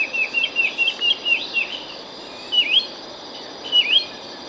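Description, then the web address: Yellow-cheeked Becard calls, a quick series of short sweeping notes followed by two separate dipping whistles, over a steady high insect drone. Ecuador. "S America Birds of Ecuador. Yellow-cheeked Becard"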